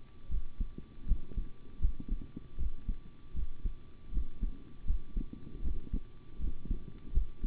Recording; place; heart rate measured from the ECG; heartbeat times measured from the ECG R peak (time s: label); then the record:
heart sounds by stethoscope; between the tricuspid and mitral areas; 79 bpm
0.29 s: heartbeat
1.06 s: heartbeat
1.80 s: heartbeat
2.57 s: heartbeat
3.34 s: heartbeat
4.11 s: heartbeat
4.85 s: heartbeat
5.62 s: heartbeat
6.39 s: heartbeat
7.12 s: heartbeat
From the record:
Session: rest, sitting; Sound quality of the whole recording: good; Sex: male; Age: 25 years